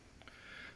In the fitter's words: and then it looks into place like that